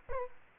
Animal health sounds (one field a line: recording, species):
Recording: mosquito wingbeat signal from an infrared sensor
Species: Aedes aegypti